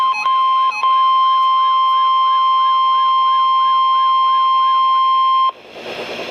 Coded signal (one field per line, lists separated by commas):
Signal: Emergency Alert System (SAME) tones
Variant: 1050 Hz attention tone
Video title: Severe Thunderstorm Warning #12 - 07/26/12 (EAS #274)